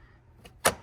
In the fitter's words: Go ahead and pull that lever. You're going to hear a pop.